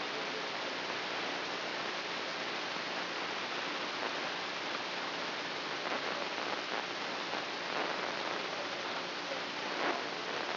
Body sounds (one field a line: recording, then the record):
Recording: brain microelectrode recording played as sound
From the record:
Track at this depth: inside the subthalamic nucleus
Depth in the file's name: 2.325 mm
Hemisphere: right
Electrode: 3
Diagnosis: Parkinson's disease